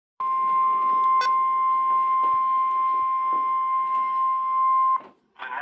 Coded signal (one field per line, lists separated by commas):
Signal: Emergency Alert System (SAME) tones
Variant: 1050 Hz attention tone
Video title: EAS#49 - SVR